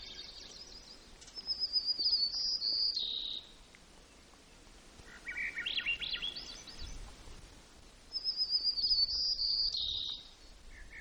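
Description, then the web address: White-crowned sparrow song: phrases of thin high whistles dropping into buzzy, warbled lower notes, with quiet gaps between. Recorded in Gates of the Arctic, Alaska, on 17 June 2018. "alaska acoustic highlights. White Crowned"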